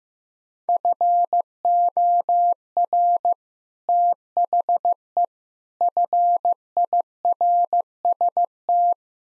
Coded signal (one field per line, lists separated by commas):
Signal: Morse code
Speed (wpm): 15 wpm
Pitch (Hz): 700 Hz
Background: none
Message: FOR THE FIRST